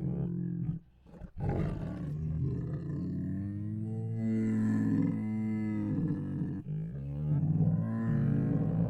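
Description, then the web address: Tiger groans, long deep harmonic moaning that swells and wavers, broken by a couple of short breathy huffs. Hungry tiger; groans, huffs and moans. "Sound Ideas Tigers"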